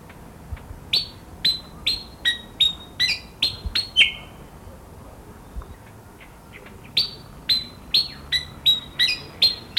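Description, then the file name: Pied fantail song: quick repeated sharp chirps dropping into short high whistles, about three per second, in two runs split by a quiet gap of about three seconds. Garden setting. "kipasan kebun omkicau"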